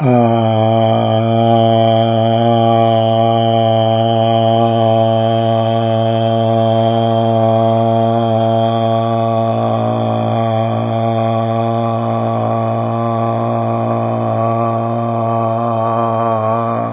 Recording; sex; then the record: sustained vowel /a/; male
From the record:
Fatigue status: no fatigue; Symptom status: symptomatic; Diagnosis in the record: COVID-19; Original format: 3gp